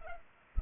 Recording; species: mosquito wingbeat signal from an infrared sensor; Culex pipiens